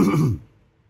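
A single light cough, a short throat-clearing burst lasting under half a second, moderately loud with a raspy, breathy texture, then quiet.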